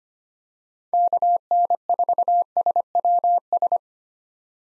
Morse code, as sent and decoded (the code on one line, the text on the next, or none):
-.- -. ....- ... .-- ...
KN4SWS